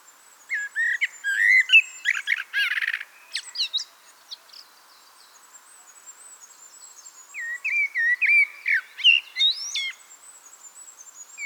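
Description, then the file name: Eurasian blackbird song with jumbled warbles and squeaky twitters, a long pause, then a second smoother fluted phrase; high repeated notes from another bird throughout. "Turdus merula"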